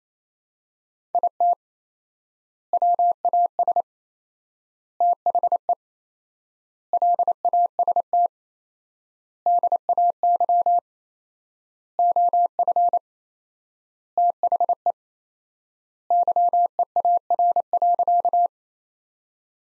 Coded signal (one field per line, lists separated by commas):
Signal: Morse code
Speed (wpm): 27 wpm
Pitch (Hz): 700 Hz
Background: none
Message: IT WAS THE LAST DAY OF THE YEAR.